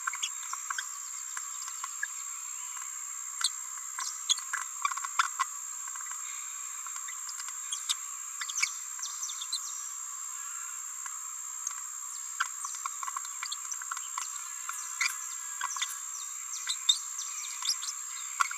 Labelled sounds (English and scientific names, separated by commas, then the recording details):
Green-rumped Parrotlet (Forpus passerinus) babbling
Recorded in a nest box in Venezuela
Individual 18B17A4